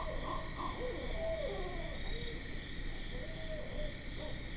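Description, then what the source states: Barred owl hooting, several low notes and slurred, downward-sliding calls in quick succession, with a constant insect chorus in the background. Recorded on 12 September 2010.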